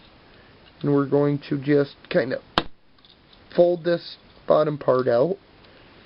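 Someone talks while folding out the bottom part of a plastic Tiger zord toy to form the leg of the Gosei Great Megazord, with a brief sharp handling sound near 2.6 s and soft plastic handling noises just after. The clip ends before the part goes home, so nothing has seated or clicked into place yet.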